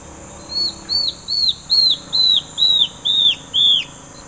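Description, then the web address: Yellow-browed antbird call: eight high, arched whistled notes at a steady pace of roughly two per second, gradually louder. "sound Yellow-browed-antbird. دانلود-صدای-پرنده-مورچه-مرغ-ابرو-زرد"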